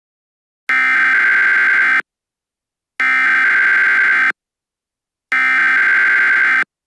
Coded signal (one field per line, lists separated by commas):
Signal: Emergency Alert System (SAME) tones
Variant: header bursts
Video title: EAS Scenario #6:SCP Containment Breach